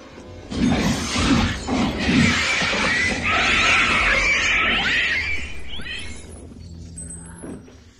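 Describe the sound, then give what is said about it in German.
A thick glass pane, not bulletproof, shatters in a loud burst, with several quick crashing impacts followed by a long spray of bright, tinkling shards that gradually fades out. No voices. “Ist das kugelsicheres Glas”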